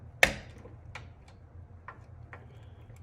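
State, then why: Seated. A graphics card is pressed down into a motherboard's PCIe slot, and the slot's retention latch gives a sharp, loud click at 0.2 seconds, showing the card is fully seated. Several fainter ticks follow over the next few seconds against a low background hum.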